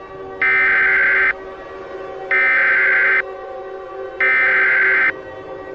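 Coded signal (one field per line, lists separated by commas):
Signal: Emergency Alert System (SAME) tones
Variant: header bursts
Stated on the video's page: Simulated EAS alert, a mock rather than a real broadcast, warned as loud.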